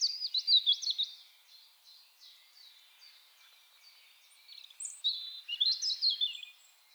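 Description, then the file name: European robin delivers a sparkling, high-pitched warbled phrase, a soft pause, then another run of quick trilling notes. "Erithacus rubecula"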